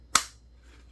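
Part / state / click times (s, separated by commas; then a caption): hatchet sheath onto its mounting clip / seated / 0.2 s. A Kydex sheath for an Oknife Otacle A1 hatchet is pushed onto its clip-style mount. A single sharp, bright click at 0.2 s shows it seating, followed by quiet. The sheath is clicked in place, ready for the lock to be slid up.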